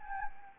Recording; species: mosquito wingbeat signal from an infrared sensor; Anopheles gambiae